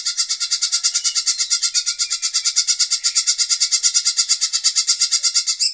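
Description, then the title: Bird giving a fast, even pulsing trill of high buzzy notes, repeated steadily throughout, with nothing else heard. "SuaraBurung Kicau"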